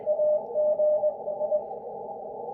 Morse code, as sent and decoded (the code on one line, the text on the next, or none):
.- --. / ..
AG I